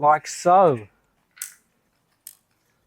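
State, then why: Seated. Someone talks briefly, then a wiring loom connector plug is pushed onto a fuel injector on a forged 700bhp engine. Two short, sharp clicks follow at 1.4 s and 2.3 s, and the plug is seated.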